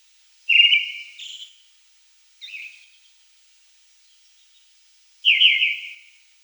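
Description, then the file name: Red-throated thrush singing three short phrases separated by long pauses. "Drozd krasnozobyj"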